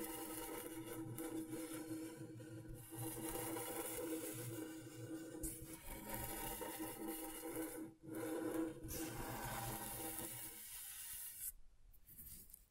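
Scratchboard being worked: a steady, dense scraping rub with a bright hiss and a low rasping buzz underneath. The scratching runs almost without pause, with brief breaks near 5.5 and 8 seconds, then thins and fades out in the last two seconds.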